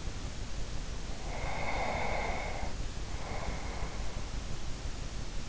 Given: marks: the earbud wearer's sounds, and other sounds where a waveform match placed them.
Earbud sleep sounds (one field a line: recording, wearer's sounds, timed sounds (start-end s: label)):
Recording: sounds in sleep by an in-ear microphone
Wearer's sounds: breath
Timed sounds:
1.32-4.26 s: breath